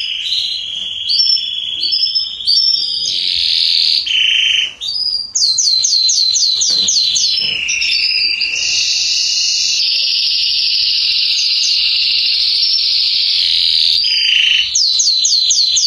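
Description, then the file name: Belgian canary song, a continuous high run of trills and buzzy rolls, with quick repeated downslurred notes breaking in several times. "canto do canario belga salsa"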